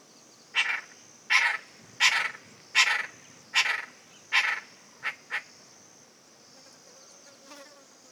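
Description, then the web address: Lilac-breasted roller giving harsh, rasping calls, six grating bursts about every three-quarters of a second, then two shorter clipped notes, over a steady high insect hiss. "cantos carracalila"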